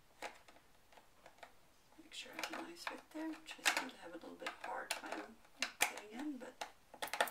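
A plastic locking ring is threaded back onto a water ionizer cartridge housing while someone talks, and it turns a little hard. Scattered light ticks come through, with a burst of rapid, sharper ticks near the end around 7.0–7.3 s. Nothing has seated or clicked yet; the clip ends just before the ring tightens home.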